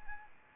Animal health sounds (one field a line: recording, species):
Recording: mosquito wingbeat signal from an infrared sensor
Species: Anopheles arabiensis